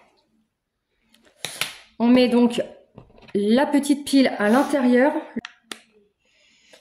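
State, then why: Seated. A small battery is placed inside the plastic housing of a wireless doorbell and pressed into place while someone talks. A few light clicks and taps come before and between the speech, then a sharp snap at 5.7 s as the battery seats firmly into the unit.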